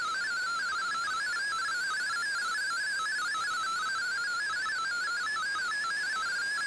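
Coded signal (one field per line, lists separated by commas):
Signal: multi-tone FSK (Olivia or MFSK type)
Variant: MFSK32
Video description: Here is my decode of the Shortwave Radiogram broadcast today on 15770Khz shortwave radio at 1300UTC in MFSK32 and 64 with 10 SSTV images.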